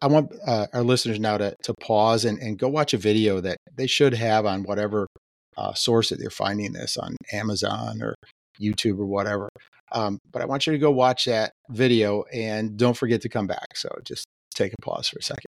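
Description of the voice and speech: One adult man speaks in a relaxed, low-pitched conversational voice at an even pace, with only brief natural pauses and a single 'um' filler. His speech is fluent, without blocks, repetitions or strained voicing.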